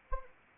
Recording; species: mosquito wingbeat signal from an infrared sensor; Anopheles arabiensis